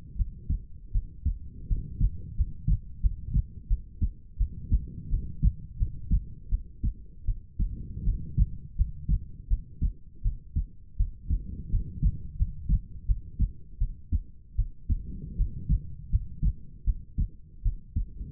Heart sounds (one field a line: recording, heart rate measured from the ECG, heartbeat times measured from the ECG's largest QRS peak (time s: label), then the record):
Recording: heart sounds by stethoscope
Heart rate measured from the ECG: 82 bpm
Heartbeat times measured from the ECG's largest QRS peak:
0.16 s: heartbeat
0.92 s: heartbeat
1.67 s: heartbeat
2.35 s: heartbeat
3.01 s: heartbeat
3.68 s: heartbeat
4.38 s: heartbeat
5.09 s: heartbeat
5.77 s: heartbeat
6.49 s: heartbeat
7.25 s: heartbeat
8.04 s: heartbeat
8.76 s: heartbeat
9.48 s: heartbeat
10.22 s: heartbeat
10.97 s: heartbeat
11.70 s: heartbeat
12.37 s: heartbeat
13.06 s: heartbeat
13.78 s: heartbeat
14.56 s: heartbeat
15.36 s: heartbeat
16.10 s: heartbeat
16.85 s: heartbeat
17.63 s: heartbeat
From the record:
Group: healthy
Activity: rest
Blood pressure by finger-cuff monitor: 107/71 mmHg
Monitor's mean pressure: 83 mmHg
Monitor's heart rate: 82 bpm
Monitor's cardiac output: 6.5 L/min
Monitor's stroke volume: 80 mL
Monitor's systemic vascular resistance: 930 dyn s/cm5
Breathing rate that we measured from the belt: 18 breaths a minute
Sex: female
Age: 19 years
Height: 163 cm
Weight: 48.9 kg